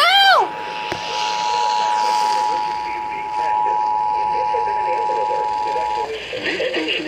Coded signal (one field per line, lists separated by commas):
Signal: Emergency Alert System (SAME) tones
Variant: 853 and 960 Hz attention tone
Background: speech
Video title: Swimming Tornadoes|EAS Alerts and Connecticut Monthly Test from 7/16/24